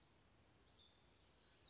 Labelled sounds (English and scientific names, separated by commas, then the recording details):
Black-throated Gray Warbler (Setophaga nigrescens)
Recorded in Sonoma County, California